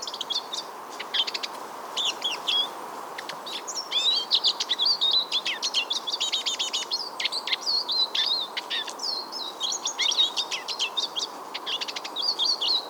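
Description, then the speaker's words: Eurasian siskin song, a rapid chattering warble of squeaky twitters and drawn-out wheezes, steady road hum in the background. Male in full song by a lake in Sweden, winter, Sunday around 1:30 in the afternoon, road close by. "So at the last sight there, I had a lovely male Eurasian siskin, full song."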